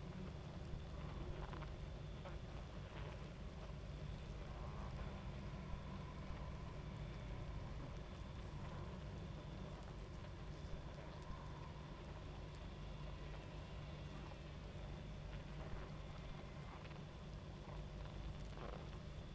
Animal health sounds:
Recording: honeybee colony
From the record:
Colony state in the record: active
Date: 28 July 2017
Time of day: 23:54

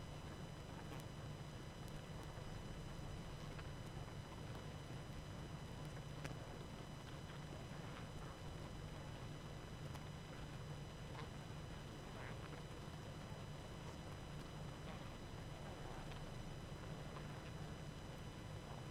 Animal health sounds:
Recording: honeybee colony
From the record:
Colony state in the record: active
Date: 12 June 2018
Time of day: 19:30

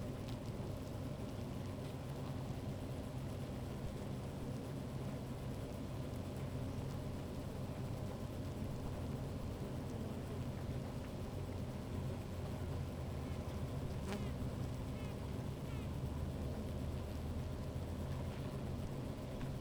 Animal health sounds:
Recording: honeybee colony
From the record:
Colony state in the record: active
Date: 28 July 2017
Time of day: 15:00

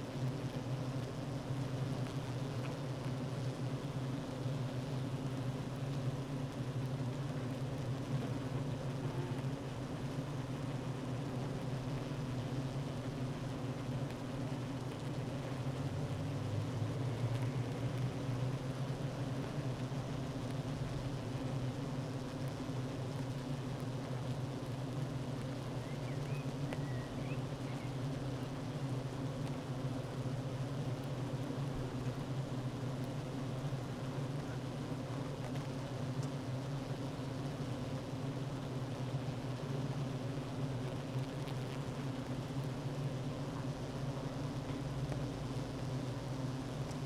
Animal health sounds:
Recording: honeybee colony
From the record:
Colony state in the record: active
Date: 12 June 2018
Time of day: 9:45

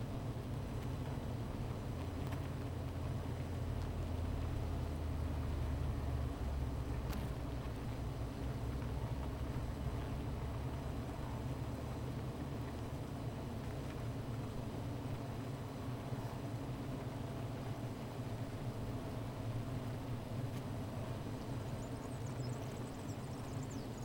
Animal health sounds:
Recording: honeybee colony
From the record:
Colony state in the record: missing queen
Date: 14 July 2017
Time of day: 15:09

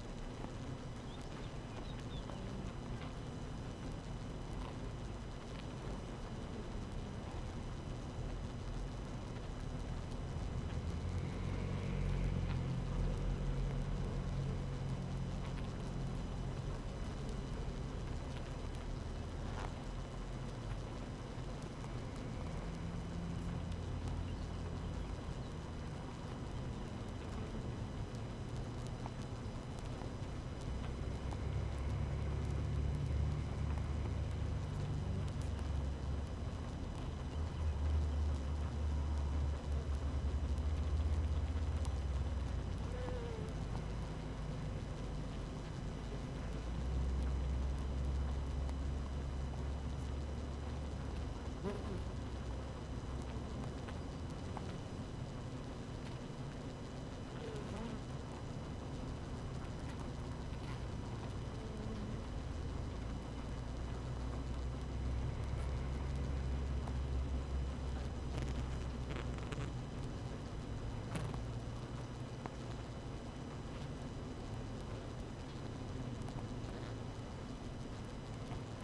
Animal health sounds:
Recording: honeybee colony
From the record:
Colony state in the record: active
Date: 12 June 2018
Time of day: 6:56

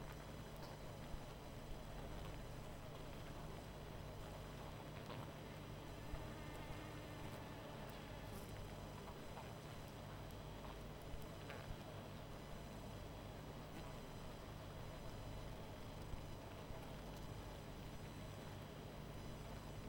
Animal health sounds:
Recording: honeybee colony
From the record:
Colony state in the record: missing queen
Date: 14 July 2017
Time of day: 20:39

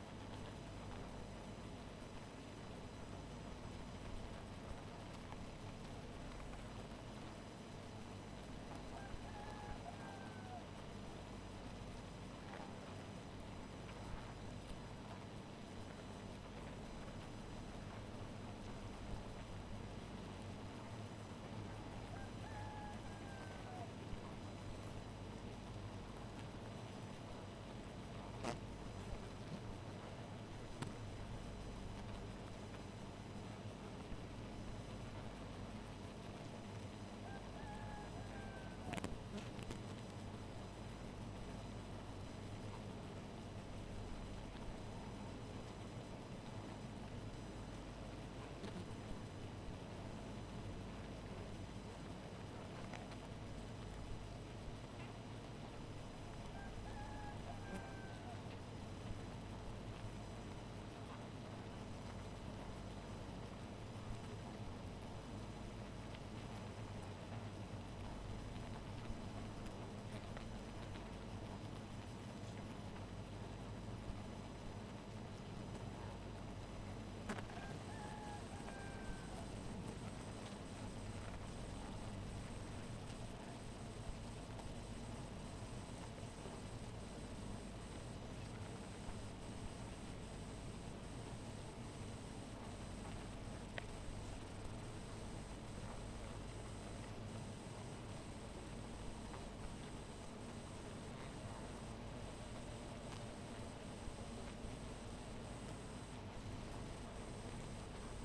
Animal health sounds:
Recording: honeybee colony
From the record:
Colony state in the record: missing queen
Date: 14 July 2017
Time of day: 2:37

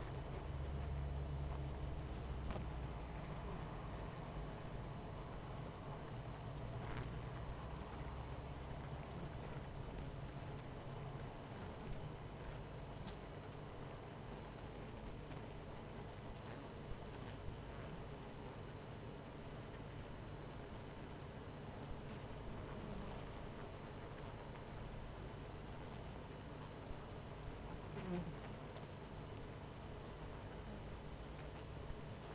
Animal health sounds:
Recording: honeybee colony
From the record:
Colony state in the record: missing queen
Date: 14 July 2017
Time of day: 18:18

